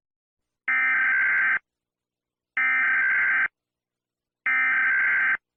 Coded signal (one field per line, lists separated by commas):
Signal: Emergency Alert System (SAME) tones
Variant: header bursts